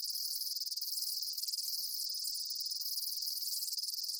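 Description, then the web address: Chirping insects create a dense, rapid, high shimmering trill that continues evenly without pause or other sounds. Daytime insect ambience; chirping bugs recorded during the day. "Blast Wave Update 1 Amb Day Insects. animal ambience insects chirps day bugs"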